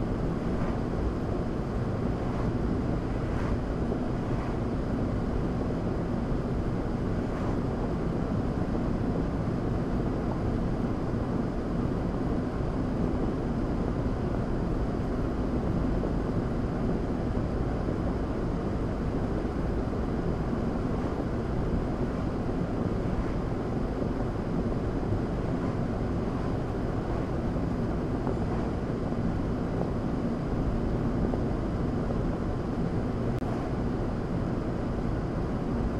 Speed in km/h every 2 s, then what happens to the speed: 76, 77, 77, 77, 77, 79, 79, 79, 79, 81, 79, 76, 76, 74, 74, 76, 76, 76.
0-18 steady at about 77. 18-25 slows to 74. 25-36 steady at about 76.